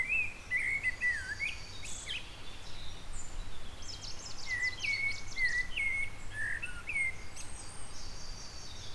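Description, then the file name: Eurasian blackbird singing flowing whistled phrases at the start and again later, mixed with high scratchy twittering. "Turdus merula"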